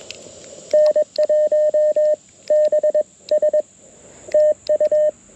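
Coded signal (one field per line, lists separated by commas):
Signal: Morse code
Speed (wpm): 21 wpm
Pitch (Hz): 610 Hz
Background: none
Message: N1BS TU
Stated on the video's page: QRP CW Parks on the Air activation using a Mountain Topper radio and end fed half wave antenna.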